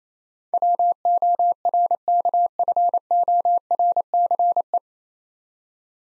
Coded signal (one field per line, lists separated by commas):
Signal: Morse code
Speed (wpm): 28 wpm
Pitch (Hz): 700 Hz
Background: none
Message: WORKFORCE